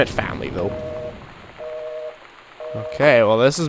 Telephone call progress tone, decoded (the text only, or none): busy tone